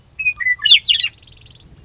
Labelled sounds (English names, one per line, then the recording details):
Western Meadowlark
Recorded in Sonoma County, California